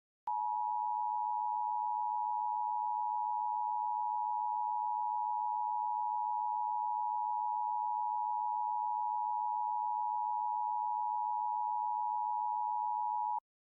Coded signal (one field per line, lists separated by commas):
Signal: Emergency Alert System (SAME) tones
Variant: 853 and 960 Hz attention tone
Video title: EAS Amber Alert, and Administrative Message